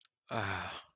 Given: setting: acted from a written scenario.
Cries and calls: vocal sound without words; shame

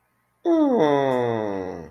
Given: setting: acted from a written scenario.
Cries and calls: vocal sound without words; adoration

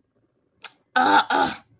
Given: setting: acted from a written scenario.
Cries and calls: vocal sound without words; disappointment

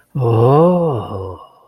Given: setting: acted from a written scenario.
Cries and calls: vocal sound without words; romantic love

